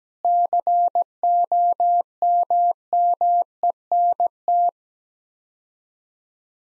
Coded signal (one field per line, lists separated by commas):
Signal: Morse code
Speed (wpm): 17 wpm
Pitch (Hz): 700 Hz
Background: none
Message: COMMENT